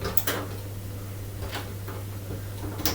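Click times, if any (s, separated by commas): 2.9 s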